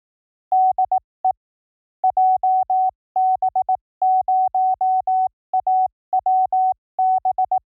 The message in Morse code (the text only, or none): DE JB0AWB